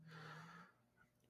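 A single buzzy, low-pitched breath sound lasting about two-thirds of a second, with a steady hum and airy rasp, then fading to quiet room noise. It is a sleeping cat snoring.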